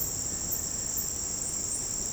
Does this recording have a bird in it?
no